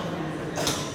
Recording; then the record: coughing mixed with background sound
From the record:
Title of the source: Spring Cold Coughing 2